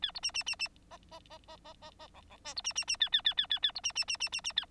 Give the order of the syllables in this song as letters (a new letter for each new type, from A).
A B C C C C D D D D D D D E E F B C C C A A A A A A B C C C C C C A